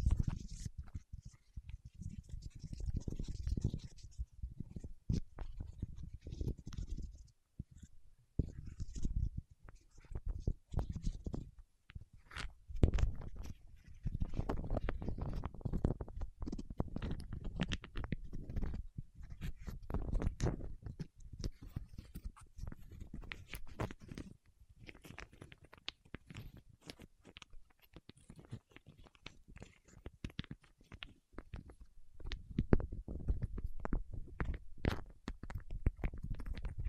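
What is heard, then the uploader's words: Fingertips work against wax, making a dense stream of short sticky clicks and crackles with a soft, low body. The taps come fast and irregular for the whole stretch, with brief lulls near eight and twenty-five seconds and sharper pops scattered throughout. ASMR with Wax Fingertips for Sleep (No Talking).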